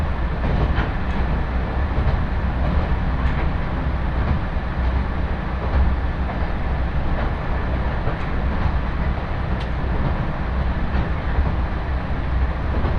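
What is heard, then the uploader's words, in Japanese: Steady, heavy rumble from inside a moving local train, deep and dense throughout with an even loudness. Faint clicks from the rails come through now and then, around the first, third, eighth and tenth seconds, over a constant hiss of travel. 耳で楽しむ鉄道旅 長良川鉄道 ながら２号 美濃市→美濃太田。美濃市からも快速運転で走るので関と富加にのみ停車します。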